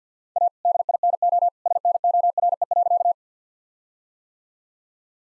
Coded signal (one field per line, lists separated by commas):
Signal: Morse code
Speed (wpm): 45 wpm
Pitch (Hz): 700 Hz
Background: none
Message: A DINO SNORE.